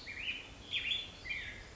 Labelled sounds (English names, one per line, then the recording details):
Black-headed Grosbeak
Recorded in Sonoma County, California